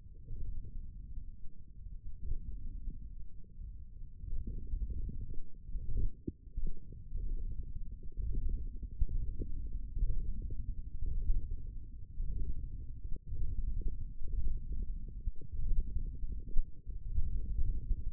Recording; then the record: forearm muscle sounds (acoustic myography)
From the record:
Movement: hand closing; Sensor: system 1, eight BSWA MPA416 microphones around the upper forearm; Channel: 1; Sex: male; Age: 20 years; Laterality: left